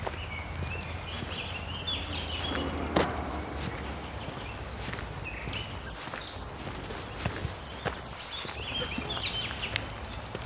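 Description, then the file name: Birds singing in scattered short chirps and twitters, with footsteps crunching and rustling on the ground and a low hum in the first half. Footsteps through a forest while birds sing. "freesound steps through the forest - birds"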